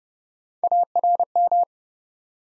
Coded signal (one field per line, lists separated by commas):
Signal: Morse code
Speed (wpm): 32 wpm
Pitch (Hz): 700 Hz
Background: none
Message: ARM